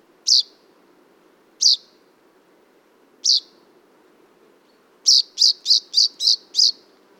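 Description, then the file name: Common chaffinch calls: three sharp, high metallic notes spaced about 1.5 seconds apart, then a quick run of six similar notes at the end. "Fringilla coelebs"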